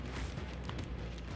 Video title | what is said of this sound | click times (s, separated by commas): Τα Είπαμε Όλα Όμως Δεν Αφήσαμε Τίποτα! | εδώ είναι το extreme το τηλεχειριστήριο του xed 2 βέβαια είναι κοινό ναι κουμπώνει | 0.7 s, 0.8 s